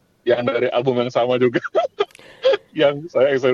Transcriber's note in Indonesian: tertawa